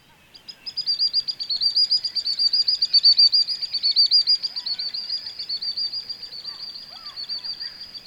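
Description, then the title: Common sandpiper giving a rapid, high-pitched trill of thin repeated notes that swells in loudness, then fades toward the end. "Fluierar De Munte. Common Sandpiper (Actitis hypoleucos)"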